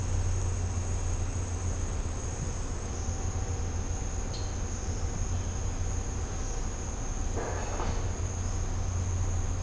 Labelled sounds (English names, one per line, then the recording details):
none
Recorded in secondary vegetation near Puerto Asís, Putumayo, Colombia, on 20 December 2024 at 10:30
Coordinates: 0.502, -76.326
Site G028